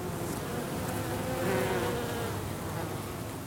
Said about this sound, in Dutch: Huib Koel ontdekte bij Kasteel de Haren, Overijssel, een bloeiende klimop die nectar biedt aan wilde bijen, honingbijen, zweefvliegen. Dus Huib bezorgt ons nog een heerlijk nazomers geluid.